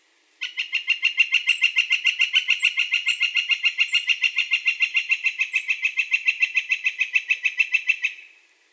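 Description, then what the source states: Northern flicker giving a long, steady run of repeated wik notes, fast and regular for nearly eight seconds, with a few soft high bird chirps in the background. Four long calls; recorded 4 May 2020.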